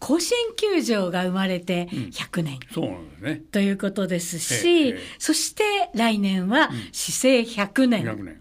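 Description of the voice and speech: A woman speaks Japanese fluently and conversationally, at a lively pace with natural rising and falling pitch and brief pauses between phrases. Her voice is clear, with no hoarseness, hesitation or slurring. This is ordinary, healthy speech.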